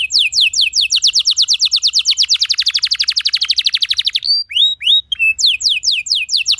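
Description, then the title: Canary song with a long fast trill of high falling notes, then a few spaced downward whistles, then another run of falling notes. Canary song with fast, dense chirping, used as a lure to teach young canaries to sing. "Kenari Gacor Speed RAPAT Cuit Cuit Ngero L Suara Bagus Untuk Pancingan Kenari Paud Belajar Bunyi"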